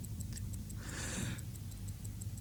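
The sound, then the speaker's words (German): A wristwatch inside an elevator ticks in a quick, steady rhythm, its sharp high clicks coming about five times a second over a low droning hum, with a brief hissing swell midway. “eingesperrt in diesem verrückt gewordenen Fahrstuhl mit meiner verrückt gewordenen Armbanduhr.”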